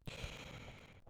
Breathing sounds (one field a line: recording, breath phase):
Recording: one breath near a microphone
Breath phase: inhalation